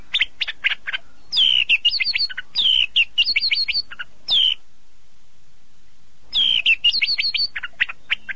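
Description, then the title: Bird song of rapid, bright twittering phrases with sweeping whistled notes, delivered in bursts separated by a long silence. "burung"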